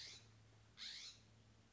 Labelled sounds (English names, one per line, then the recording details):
California Scrub-Jay
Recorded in Sonoma County, California